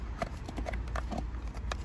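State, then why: Not seated. A wiring plug is handled at the control unit of a replacement blower fan on a VW Caddy 5, with a few short, sharp plastic taps and knocks over low background rumble. The connector has not clicked in or seated yet.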